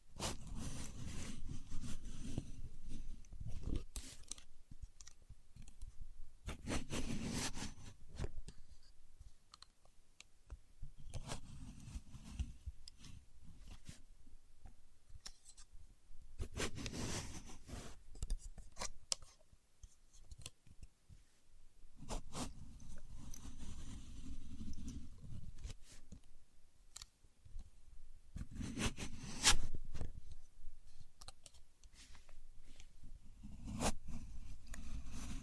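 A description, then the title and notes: A contour gauge being used, with repeated bursts of rattling, scraping pins every few seconds, heaviest around 0–3, 7, 11–13, 17, 22–25 and 29 seconds. Between bursts come softer clicks, taps and handling noises, with brief near-silences. Using A Contour Gauge (No Talking).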